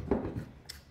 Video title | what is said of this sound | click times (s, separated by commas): Taurus G3C Holsters | um you heard that click so it's snug when you put it in there | 0.7 s